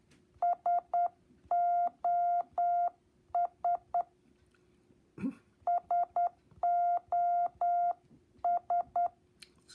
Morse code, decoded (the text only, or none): SOS SOS